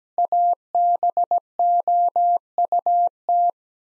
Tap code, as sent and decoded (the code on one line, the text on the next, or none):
none